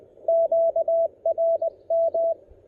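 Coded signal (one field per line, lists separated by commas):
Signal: Morse code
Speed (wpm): 20 wpm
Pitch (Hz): 660 Hz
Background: none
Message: QRM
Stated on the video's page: Morse from a POTA park activation on 20 and 30 meters using an Elecraft KX1.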